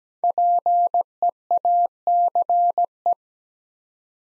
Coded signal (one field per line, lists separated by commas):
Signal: Morse code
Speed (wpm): 17 wpm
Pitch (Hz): 700 Hz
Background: none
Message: PEACE